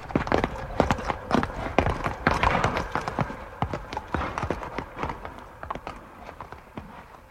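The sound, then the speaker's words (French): Horse hooves clip-clop in a quick, uneven stream of sharp knocking strikes, loud and steady for several seconds before easing slightly toward the end. “Sabot ! Sabot ! Encore !”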